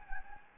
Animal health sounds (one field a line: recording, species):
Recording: mosquito wingbeat signal from an infrared sensor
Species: Anopheles gambiae